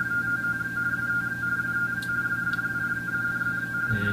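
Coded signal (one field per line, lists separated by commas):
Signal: RTTY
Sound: rapid warbling two-tone teleprinter chatter over low hum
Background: low hum, room noise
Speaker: wd 8 and z so we'll double click there and then f3 to send our exchange and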